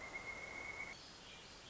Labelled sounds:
Pileated Woodpecker (Dryocopus pileatus)

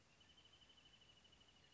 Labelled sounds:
Wrentit (Chamaea fasciata)

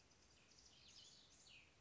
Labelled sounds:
Cassin's Vireo (Vireo cassinii)

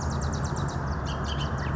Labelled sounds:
Bullock's Oriole (Icterus bullockii)

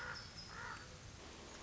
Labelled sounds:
Common Raven (Corvus corax)

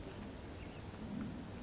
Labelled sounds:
California Towhee (Melozone crissalis)

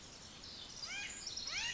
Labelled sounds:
Pacific Wren (Troglodytes pacificus)

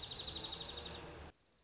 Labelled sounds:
Dark-eyed Junco (Junco hyemalis)

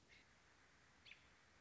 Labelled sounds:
American Robin (Turdus migratorius)

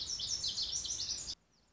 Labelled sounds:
Lazuli Bunting (Passerina amoena)

